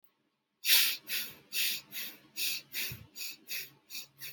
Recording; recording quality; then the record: shallow breathing; excellent, no background noise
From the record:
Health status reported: healthy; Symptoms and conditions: none ticked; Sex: female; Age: 35 years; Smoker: not ticked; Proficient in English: yes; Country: India